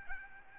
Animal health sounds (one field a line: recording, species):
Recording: mosquito wingbeat signal from an infrared sensor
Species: Aedes albopictus